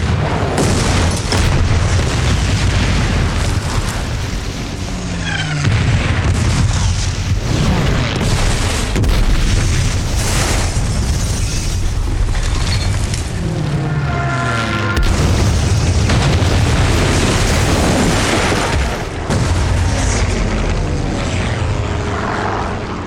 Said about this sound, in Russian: Бойцы бегут в укрытие. Повсюду раздаются взрывы. Идет массированная бомбежка. Всюду грохот, дым, огонь.